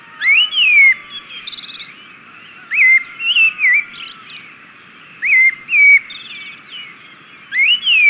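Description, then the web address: Great thrush giving slurred, whistled phrases that swoop up and down, a few seconds apart. South America; Ecuador. "S America Birds of Ecuador. Great Thrush"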